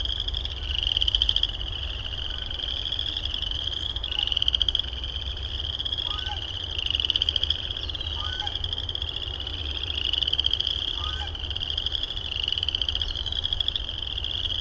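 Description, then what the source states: Frogs giving overlapping high trills in long repeated bursts, with a few short chirps midway and a low rumble underneath. Recorded at Heartland Meadows.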